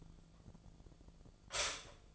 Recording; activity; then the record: daily activity, microphone in the room; stop toaster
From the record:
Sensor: 5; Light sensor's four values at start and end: 88/234/95/100 and 88/234/95/100